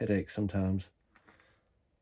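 Someone talks briefly, then a plastic engine bay accessory part is handled against the inner fender of an RC truck body, making a few faint ticks around 1.2 to 1.4 seconds. Nothing has seated or clicked yet; the part is not yet snapped into place.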